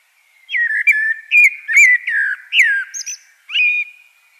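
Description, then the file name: Common blackbird song: a run of rich fluted whistled notes, rising and falling, with brief high squeaks between them. "Turdus merula"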